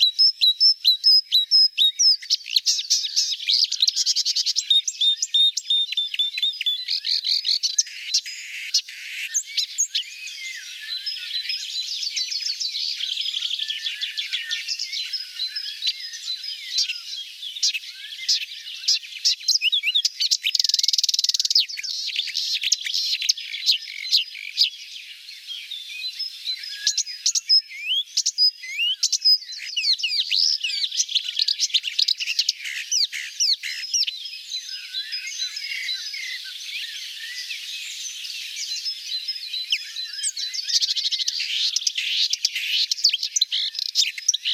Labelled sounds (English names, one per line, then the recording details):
Marsh Warbler song
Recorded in the wild
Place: Oberrotweil am Kaiserstuhl / Bickensohl, Baden-Württemberg, DE
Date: 1991-05-28
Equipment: Dat-Recorder Casio DA 7, Telinga M2, stereo, Telinga-Parabolspiegel
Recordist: Schwarz, Dieter